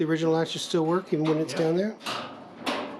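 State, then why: Seated. Someone talks as the original factory hood latch on the hood of a V8-powered Triumph GT6R pro touring build is worked with the hood down. The latch gives a sharp click at 2.7 s, and the hood is latched.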